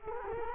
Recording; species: mosquito wingbeat signal from an infrared sensor; Culex quinquefasciatus